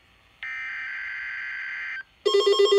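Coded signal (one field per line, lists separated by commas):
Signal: Emergency Alert System (SAME) tones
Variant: header bursts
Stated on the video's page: Required weekly tests on NOAA weather radio station KIH63.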